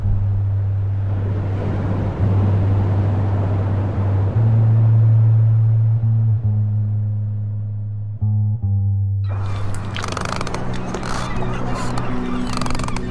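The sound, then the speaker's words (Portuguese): A boat out at sea in front of a lighthouse: a deep, steady droning tone over a wash of rushing water noise, then a sudden harsh, crackling surge of bright noise takes over for the final seconds. “Desesperazón sobre un barco ao fronte do faro.”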